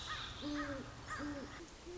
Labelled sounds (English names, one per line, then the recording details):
Great Horned Owl
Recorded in Sonoma County, California